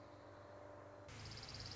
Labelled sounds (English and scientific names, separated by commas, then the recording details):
Orange-crowned Warbler (Leiothlypis celata)
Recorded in Sonoma County, California